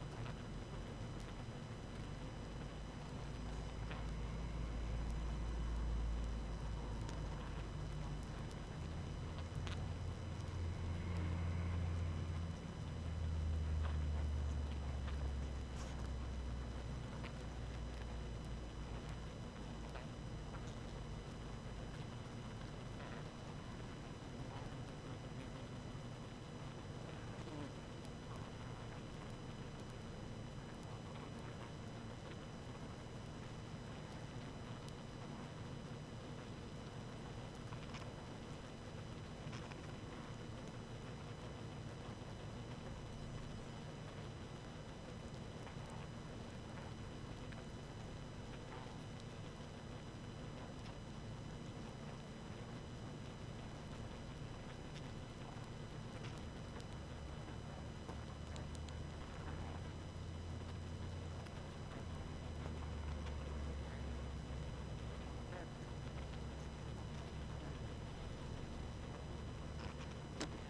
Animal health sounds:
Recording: honeybee colony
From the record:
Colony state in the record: active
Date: 12 June 2018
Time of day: 21:11

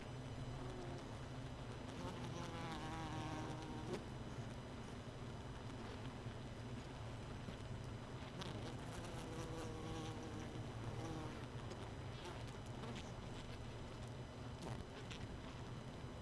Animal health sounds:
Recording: honeybee colony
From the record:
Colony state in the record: missing queen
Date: 31 May 2018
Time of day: 1:40

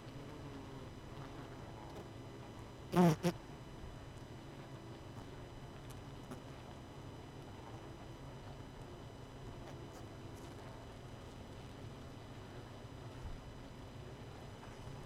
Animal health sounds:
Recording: honeybee colony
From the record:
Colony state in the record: missing queen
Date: 31 May 2018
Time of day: 23:43

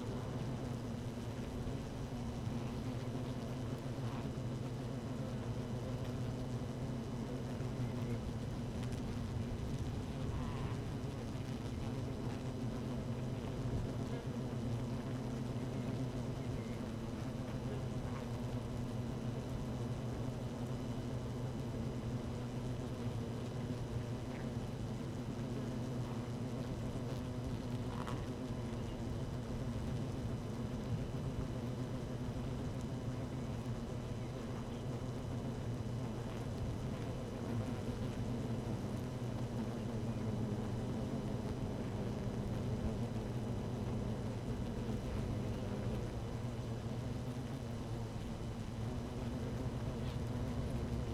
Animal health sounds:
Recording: honeybee colony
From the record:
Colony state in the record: active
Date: 12 June 2018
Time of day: 13:50

